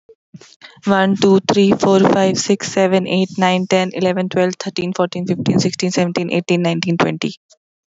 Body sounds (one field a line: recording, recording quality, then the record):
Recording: counting at a fast pace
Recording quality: moderate, slight background noise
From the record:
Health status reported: healthy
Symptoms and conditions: none ticked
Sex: female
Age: 28 years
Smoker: not ticked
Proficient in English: yes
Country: India